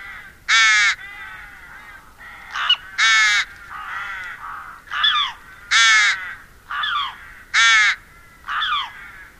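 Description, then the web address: Rook calling: loud, harsh caws alternating with shorter, squeakier calls. "Madardalok Cd 2 Vetési varjú"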